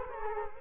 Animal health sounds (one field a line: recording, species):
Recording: mosquito wingbeat signal from an infrared sensor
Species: Culex quinquefasciatus